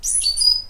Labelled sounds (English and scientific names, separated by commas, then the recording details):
Stitchbird (Notiomystis cincta) song
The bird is a male
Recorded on Tiritiri Matangi Island, New Zealand, in 2005
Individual 12, of nest box 16